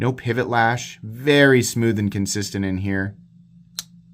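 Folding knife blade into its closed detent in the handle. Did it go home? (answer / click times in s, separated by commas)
yes / 3.8 s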